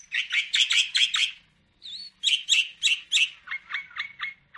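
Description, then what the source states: Sooty-headed bulbul song: bubbly, slightly buzzy notes delivered in quick runs, a brief pause, then further phrases ending in thinner, steadier notes. Bird described with the Indonesian term gacor, meaning in full, vigorous song.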